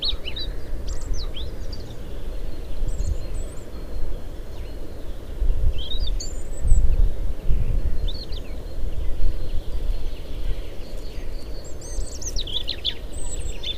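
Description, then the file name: European robin song: scattered short bursts of high, thin trills and squeaky whistles separated by pauses, set against continuous low-pitched rumbling background noise. "Erithacus rubecula"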